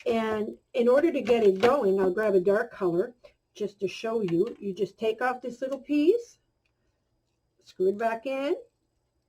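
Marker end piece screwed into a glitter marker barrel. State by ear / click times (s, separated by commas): not seated / none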